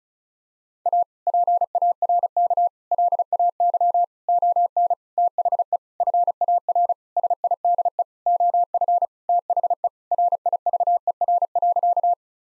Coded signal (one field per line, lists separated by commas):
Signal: Morse code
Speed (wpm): 36 wpm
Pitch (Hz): 700 Hz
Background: none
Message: A PARK LAY ON THE FAR SIDE OF THE RIVER.